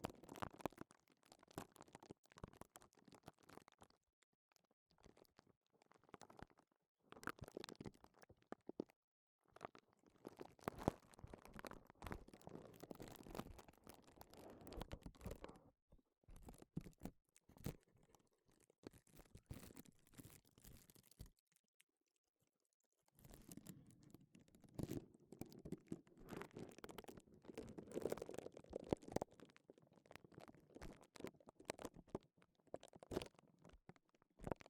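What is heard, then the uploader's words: Gloves rustle and rub in irregular bursts of soft crinkling and scratching, with brief silent gaps near 16 and 22 seconds. 5 different GLOVES Sounds. (No Talking).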